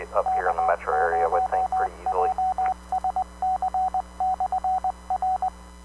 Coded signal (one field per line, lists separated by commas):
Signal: Morse code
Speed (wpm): 20 wpm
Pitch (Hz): 750 Hz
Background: speech, radio noise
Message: K0JSC/R